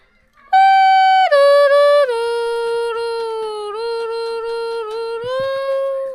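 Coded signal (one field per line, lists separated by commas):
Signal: whistled language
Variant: Kongthong jingrwai iawbei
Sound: a short hummed or whistled melody gliding and stepping down in pitch, held notes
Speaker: आंटी ने अपना नाम सुनाया और इन दीदी का नाम भी सुनाया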